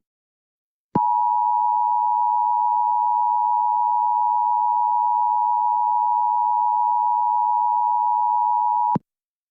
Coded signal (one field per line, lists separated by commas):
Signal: Emergency Alert System (SAME) tones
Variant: 853 and 960 Hz attention tone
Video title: EAS Interrupts Mario Kart World